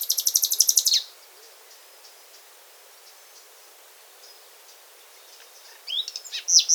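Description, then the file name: Common nightingale song: a shrill, rapid trill of repeated high notes lasting about a second, silence, then a new phrase of sharp notes starting near the end. "Luscinia megarhynchos"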